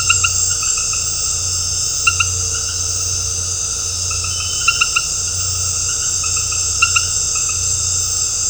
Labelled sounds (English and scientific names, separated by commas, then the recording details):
none
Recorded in dense forest near Puerto Asís, Putumayo, Colombia, on 13 March 2025 at 19:00
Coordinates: 0.468, -76.322
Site GP01